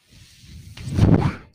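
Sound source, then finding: Home mechanical ventilator. Home mechanical ventilator sound.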